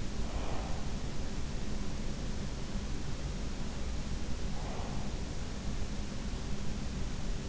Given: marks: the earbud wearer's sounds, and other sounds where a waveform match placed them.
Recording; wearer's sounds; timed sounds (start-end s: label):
sounds in sleep by an in-ear microphone; breath
0.00-1.07 s: breath
4.32-5.32 s: breath